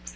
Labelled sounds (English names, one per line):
Black-throated Blue Warbler flight call